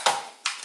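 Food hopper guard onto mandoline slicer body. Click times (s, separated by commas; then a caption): 0.5 s. A plastic hopper and pusher guard is pressed onto the body of a kitchen mandoline slicer. A sharp sound at 0.1 s comes first, then a sharp click at 0.5 s as the guard locks into place, seated and confirmed. No one talks in the clip.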